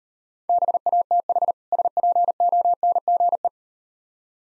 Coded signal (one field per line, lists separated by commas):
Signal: Morse code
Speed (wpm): 37 wpm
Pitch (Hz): 700 Hz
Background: none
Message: BATH SPONGE